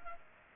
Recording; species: mosquito wingbeat signal from an infrared sensor; Culex pipiens